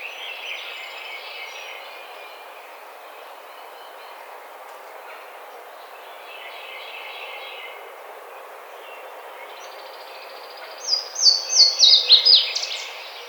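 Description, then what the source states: Yellow-rumped warbler singing a short, high trill of repeated notes near the end, after a long stretch of faint twittering over constant hiss. Recorded on 5 May 2009.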